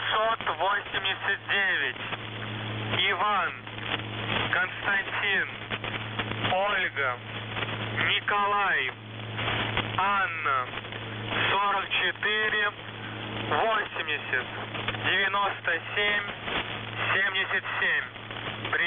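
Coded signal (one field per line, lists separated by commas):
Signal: coded military voice message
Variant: The Goose, Russian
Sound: a male voice reads short Russian words and number groups over a radio channel with hum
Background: radio static, low hum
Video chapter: 00:00 - Воздух Охват-98 16989 ИКОНА 4480 9777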